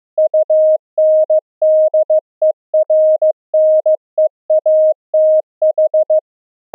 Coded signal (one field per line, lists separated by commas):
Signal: Morse code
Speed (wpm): 15 wpm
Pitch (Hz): 620 Hz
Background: none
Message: UNDERNEATH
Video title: Pulse Density Modulation Morse Code, TRANSMIT & RECEIVE demo on LF band @64Khz - saves BATTERY DRAIN